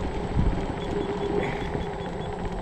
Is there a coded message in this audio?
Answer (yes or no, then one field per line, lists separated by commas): no